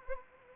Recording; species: mosquito wingbeat signal from an infrared sensor; Anopheles arabiensis